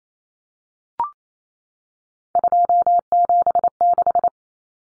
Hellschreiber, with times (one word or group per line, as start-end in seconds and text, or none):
none